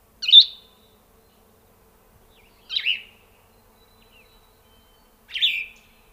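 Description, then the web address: Plumbeous vireo singing three brief husky phrases, each dropping in pitch, spaced roughly two and a half seconds apart with silence between. Grand Canyon, April 1999. "plumbeous vireo 1999-04 plumbious vireo song grand canyon"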